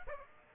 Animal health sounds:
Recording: mosquito wingbeat signal from an infrared sensor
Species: Aedes aegypti

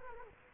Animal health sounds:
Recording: mosquito wingbeat signal from an infrared sensor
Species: Culex quinquefasciatus

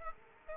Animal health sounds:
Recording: mosquito wingbeat signal from an infrared sensor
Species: Aedes aegypti

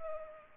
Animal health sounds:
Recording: mosquito wingbeat signal from an infrared sensor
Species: Culex pipiens

